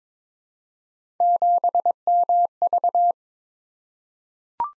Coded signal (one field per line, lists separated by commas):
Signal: Morse code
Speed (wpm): 22 wpm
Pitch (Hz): 700 Hz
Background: none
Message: 7MV